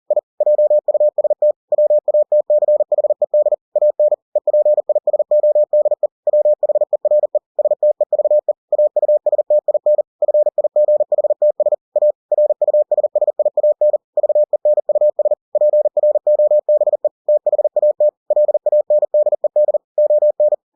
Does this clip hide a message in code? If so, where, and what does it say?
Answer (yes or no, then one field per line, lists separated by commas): yes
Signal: Morse code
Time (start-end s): 0.1-20.5 s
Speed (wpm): 40 wpm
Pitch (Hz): 600 Hz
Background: none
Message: I JUST WATCHED AN EPISODE WHERE STEVE AUSTIN FIGHTS A RUSSIAN VENUS PROBE THAT LANDED ON